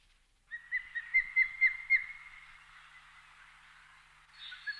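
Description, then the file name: Osprey whistled call series: a quick run of piping notes that blur into a sustained thin whistle, then fade into faint hiss before a brief squeaky note at the end. "голос-скопы"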